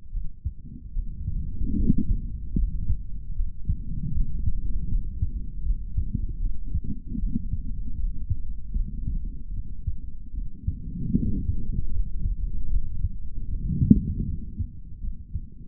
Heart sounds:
heart sounds by stethoscope; 77 bpm
0.11 s: heartbeat
0.93 s: heartbeat
1.76 s: heartbeat
2.55 s: heartbeat
3.34 s: heartbeat
4.12 s: heartbeat
4.88 s: heartbeat
5.63 s: heartbeat
6.40 s: heartbeat
7.18 s: heartbeat
7.96 s: heartbeat
8.73 s: heartbeat
9.53 s: heartbeat
10.33 s: heartbeat
11.14 s: heartbeat
11.92 s: heartbeat
12.69 s: heartbeat
13.48 s: heartbeat
14.25 s: heartbeat
15.00 s: heartbeat
From the record:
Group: healthy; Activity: rest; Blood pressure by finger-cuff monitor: 102/73 mmHg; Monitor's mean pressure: 82 mmHg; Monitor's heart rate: 77 bpm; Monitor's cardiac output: 3.5 L/min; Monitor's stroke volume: 46 mL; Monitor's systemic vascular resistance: 1750 dyn s/cm5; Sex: male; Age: 55 years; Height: 167 cm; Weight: 57.2 kg

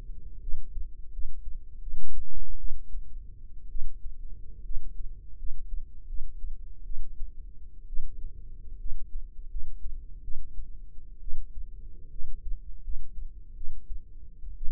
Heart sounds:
heart sounds by microphone in the right ear; 72 bpm
0.41 s: heartbeat
1.12 s: heartbeat
1.81 s: heartbeat
2.58 s: heartbeat
3.70 s: heartbeat
4.64 s: heartbeat
5.37 s: heartbeat
6.07 s: heartbeat
6.85 s: heartbeat
7.87 s: heartbeat
8.79 s: heartbeat
9.49 s: heartbeat
10.23 s: heartbeat
11.21 s: heartbeat
12.11 s: heartbeat
12.82 s: heartbeat
13.55 s: heartbeat
14.56 s: heartbeat
From the record:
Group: healthy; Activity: rest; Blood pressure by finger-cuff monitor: 109/68 mmHg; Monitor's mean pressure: 80 mmHg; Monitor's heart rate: 79 bpm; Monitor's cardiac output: 6.5 L/min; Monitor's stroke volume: 89 mL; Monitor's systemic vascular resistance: 900 dyn s/cm5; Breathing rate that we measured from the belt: 16 breaths a minute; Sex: female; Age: 22 years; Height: 157 cm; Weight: 47.6 kg

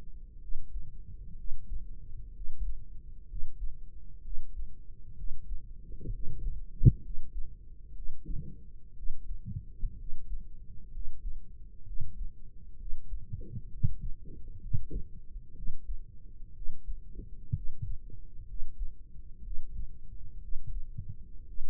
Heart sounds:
heart sounds by microphone in the right ear; 63 bpm
0.37 s: heartbeat
1.33 s: heartbeat
2.30 s: heartbeat
3.25 s: heartbeat
4.20 s: heartbeat
5.13 s: heartbeat
6.09 s: heartbeat
6.99 s: heartbeat
7.91 s: heartbeat
8.92 s: heartbeat
9.94 s: heartbeat
10.89 s: heartbeat
11.82 s: heartbeat
12.75 s: heartbeat
13.67 s: heartbeat
14.58 s: heartbeat
15.52 s: heartbeat
16.51 s: heartbeat
17.51 s: heartbeat
18.43 s: heartbeat
19.40 s: heartbeat
20.38 s: heartbeat
21.43 s: heartbeat
From the record:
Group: healthy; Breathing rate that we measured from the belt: 16 breaths a minute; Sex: female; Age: 23 years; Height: 160 cm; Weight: 50.4 kg

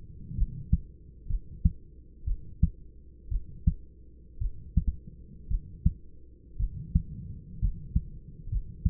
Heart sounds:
heart sounds by stethoscope; 59 bpm
0.36 s: heartbeat
1.28 s: heartbeat
2.25 s: heartbeat
3.29 s: heartbeat
4.39 s: heartbeat
5.48 s: heartbeat
6.57 s: heartbeat
7.59 s: heartbeat
8.49 s: heartbeat
From the record:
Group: healthy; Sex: male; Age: 25 years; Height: 170 cm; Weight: 70.4 kg

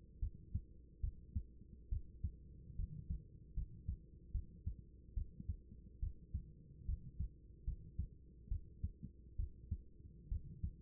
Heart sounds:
heart sounds by stethoscope; 71 bpm
0.19 s: heartbeat
1.00 s: heartbeat
1.89 s: heartbeat
2.76 s: heartbeat
3.54 s: heartbeat
4.31 s: heartbeat
5.14 s: heartbeat
5.99 s: heartbeat
6.85 s: heartbeat
7.64 s: heartbeat
8.48 s: heartbeat
9.36 s: heartbeat
10.28 s: heartbeat
From the record:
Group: healthy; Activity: rest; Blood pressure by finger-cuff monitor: 108/73 mmHg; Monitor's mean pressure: 87 mmHg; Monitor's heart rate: 72 bpm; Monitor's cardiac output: 5.6 L/min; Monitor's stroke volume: 78 mL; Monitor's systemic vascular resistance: 1100 dyn s/cm5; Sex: female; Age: 24 years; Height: 163 cm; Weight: 55.7 kg

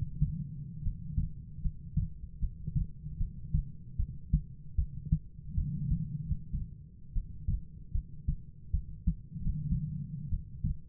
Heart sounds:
heart sounds by stethoscope; 76 bpm
0.84 s: heartbeat
1.62 s: heartbeat
2.40 s: heartbeat
3.18 s: heartbeat
3.97 s: heartbeat
4.76 s: heartbeat
5.56 s: heartbeat
6.22 s: heartbeat
7.14 s: heartbeat
7.93 s: heartbeat
8.72 s: heartbeat
9.39 s: heartbeat
10.30 s: heartbeat
From the record:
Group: heart failure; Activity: rest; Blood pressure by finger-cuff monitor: 84/52 mmHg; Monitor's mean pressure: 64 mmHg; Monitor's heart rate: 76 bpm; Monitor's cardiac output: 6 L/min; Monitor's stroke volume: 78 mL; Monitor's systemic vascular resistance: 760 dyn s/cm5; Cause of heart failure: non-ischemic cardiomyopathy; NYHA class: 1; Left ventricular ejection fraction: 42%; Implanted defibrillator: present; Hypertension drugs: sacubitril-valsartan, spironolactone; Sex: female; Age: 39 years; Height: 162 cm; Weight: 67.9 kg

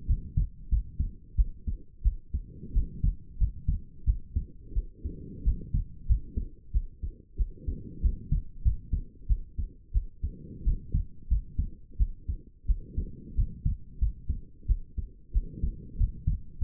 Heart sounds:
heart sounds by stethoscope; 91 bpm
0.06 s: heartbeat
0.69 s: heartbeat
1.35 s: heartbeat
2.02 s: heartbeat
2.72 s: heartbeat
3.37 s: heartbeat
4.04 s: heartbeat
4.73 s: heartbeat
5.43 s: heartbeat
6.06 s: heartbeat
6.71 s: heartbeat
7.36 s: heartbeat
8.01 s: heartbeat
8.62 s: heartbeat
9.27 s: heartbeat
9.92 s: heartbeat
10.63 s: heartbeat
11.27 s: heartbeat
11.97 s: heartbeat
12.66 s: heartbeat
13.34 s: heartbeat
13.98 s: heartbeat
14.66 s: heartbeat
15.32 s: heartbeat
15.97 s: heartbeat
16.58 s: heartbeat
From the record:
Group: healthy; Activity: rest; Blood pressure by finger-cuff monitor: 82/57 mmHg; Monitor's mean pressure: 66 mmHg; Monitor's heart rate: 91 bpm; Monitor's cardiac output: 7 L/min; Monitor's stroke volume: 77 mL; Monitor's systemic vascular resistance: 670 dyn s/cm5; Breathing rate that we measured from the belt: 23 breaths a minute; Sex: female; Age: 19 years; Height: 163 cm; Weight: 48.9 kg

